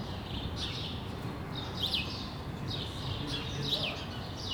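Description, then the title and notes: Sparrows chirping in scattered short notes, a few clustered together, over a steady rumbling background. Several sparrows on Rue de l'épargne, Brussels, Belgium, recorded on World Sparrow Day using Lom mikroUši microphones into a Deity PR-2 recorder. "Rue de l'épargne, Bruxelles, Bruxelles-Capitale, Belgique - World Sparrow Day. Sparrows - moineaux"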